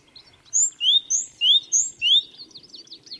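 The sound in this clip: Great tit calling in a quick series of paired notes, each a thin high note followed by a lower rising whistle, about six notes in under two seconds.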